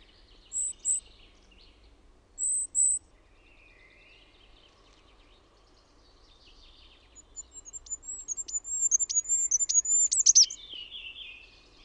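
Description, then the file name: Goldcrest song: after a few isolated very high pips, a quick run of thin, very high repeated notes builds to a brief twittering flourish at the end. "HIPPIAINEN"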